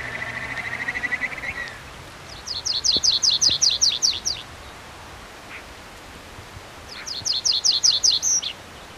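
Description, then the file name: Tree pipit singing: phrases of fast, evenly spaced high chips, with a fast lower trill at the start and a gap of near silence midway. Recorded at Irkut on 19 May 2012. "19-05-12 Irkut An Trivialis"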